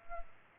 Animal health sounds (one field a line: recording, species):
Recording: mosquito wingbeat signal from an infrared sensor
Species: Culex pipiens